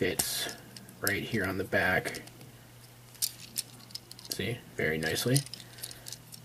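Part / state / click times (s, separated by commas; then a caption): rear section of a transforming toy car into the car body / not seated / none. Someone talks while handling the plastic rear section of a transforming toy car, folding it up toward the car body, with light plastic rattles and small clicks of handling throughout. The clip ends before the rear section goes home, and nothing has seated or clicked into place yet.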